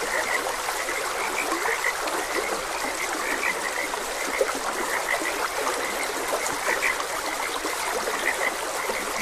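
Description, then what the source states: Frogs give clipped, repeated croaks in an uneven chorus, heard through the continuous hiss and trickle of running water. Frogs croaking beside a gentle stream.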